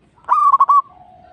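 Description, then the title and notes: Zebra dove song: a single phrase that rises sharply, then breaks into three or four quick stuttering pulses on one fairly high pitch, ending in a softer trailing note. Local (lokal) bird. "Kicau Perkutut Lokal 1. Kicau Burung Perkutut"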